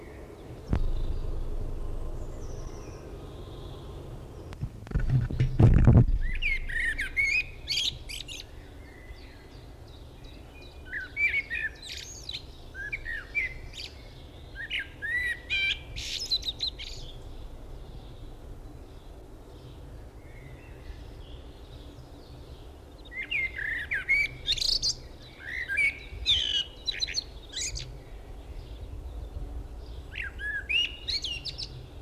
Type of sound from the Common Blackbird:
song